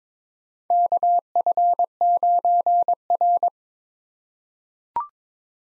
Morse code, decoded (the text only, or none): KF9R